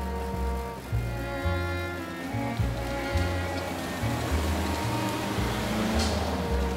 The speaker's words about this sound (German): Ob Kapuzen- oder T-Shirt-Wetter, die Allenby-Straße in Tel Aviv klingt nicht viel anders als Hauptstraßen in Berlin, London oder New York.